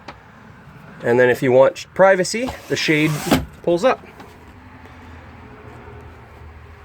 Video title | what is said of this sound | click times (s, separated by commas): 2017 Northern Lite 10'2 EX RR Dry Bath Truck Camper @ Camp-Out RV in Stratford | once it clicks it'll hold the window open for you and then the screen actually pulls down and snaps into place | 0.1 s